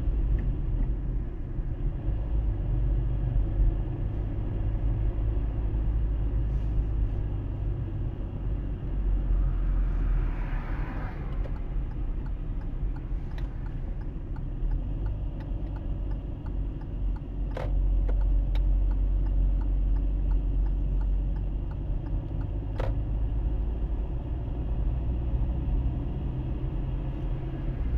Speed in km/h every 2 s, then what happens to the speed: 34, 35, 38, 35, 29, 27, 23, 22, 22, 21, 22, 24, 28, 31.
0-5 steady at about 35. 5-11 slows to 23. 11-17 steady at about 22. 17-28 speeds up to 31.